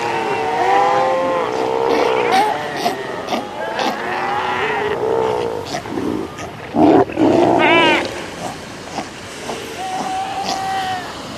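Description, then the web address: South American sea lions in a noisy chorus of quavering bleats and short gruff calls, with a louder roaring burst midway. "earth naturelibrary assets s so south american sea lion"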